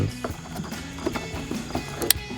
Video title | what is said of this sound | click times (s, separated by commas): 2019-2022 RAM 1500 OE Style Full LED DRL Headlight Review & Install | Hope you heard that click. | 2.1 s